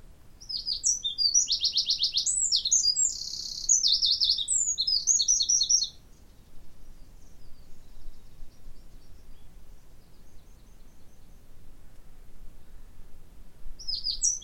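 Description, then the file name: Eurasian wren song: a loud, very high, rapid burst of trills and shrill notes lasting about six seconds, then quiet, with a new burst starting at the end. "Troglodytes troglodytes"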